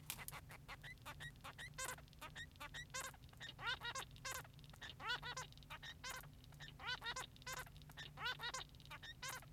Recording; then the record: song of a male Bengalese finch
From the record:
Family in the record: son of father 3